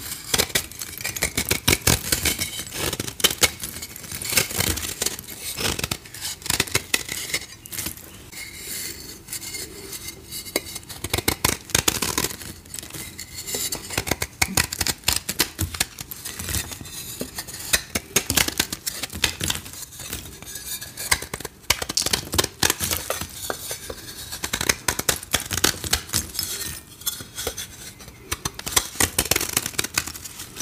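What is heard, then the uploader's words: Dense, crisp scraping of dyed gym chalk being shaved, with rapid strokes following one another almost without pause for the whole half minute. The scratches are bright and dry, like scissors snipping. Satisfying dyed gym chalk shaving.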